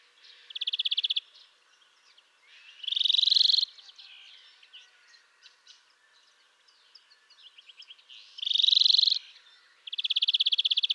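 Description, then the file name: European greenfinch singing drawn-out nasal wheezes and short rapid trills, with softer twittering in between. "Chloris chloris"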